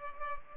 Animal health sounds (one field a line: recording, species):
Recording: mosquito wingbeat signal from an infrared sensor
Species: Culex pipiens